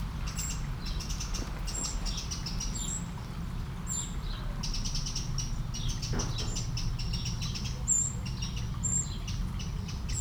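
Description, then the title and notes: Eurasian blackbird uttering clusters of rapid clicking chatter and thin high whistles, coming in irregular bursts over a steady low rumble. One blackbird by a small river in Aveize, France, 12 July 2017; recorded with DPA-2006c microphones in AB position into an SD MixPre-3. "Aveize, France - Merle - Blackbird. 20170712-Merle et ruisseau. Bord de ruisseau, un merle, quelques mouches, des avions au loin"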